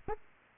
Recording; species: mosquito wingbeat signal from an infrared sensor; Aedes aegypti